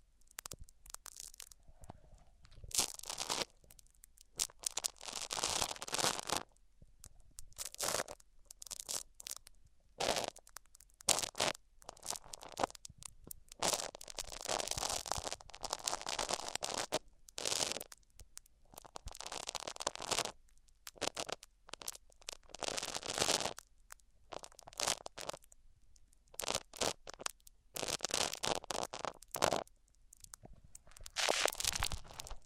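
Microphones are rubbed against various surfaces, making rough scraping and crackling bursts that start and stop irregularly. The rubs come in uneven runs of a second or two, bright and gritty, separated by short silences. A few passes sound harsher and denser than others.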